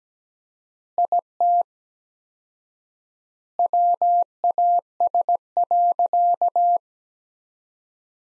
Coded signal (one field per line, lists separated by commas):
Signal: Morse code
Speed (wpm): 17 wpm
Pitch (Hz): 700 Hz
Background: none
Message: IT WAS.